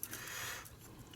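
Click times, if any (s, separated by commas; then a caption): 0.0 s. A plastic hull part of an Eaglemoss/Hero Collector Star Trek Enterprise-D starship model (stage 14.2) is lined up over internal light cables and pressed into the adjoining hull section. It snaps into place with a sharp click at 0.0 s, followed by soft handling noise and a faint tick near 1.1 s. The section is seated.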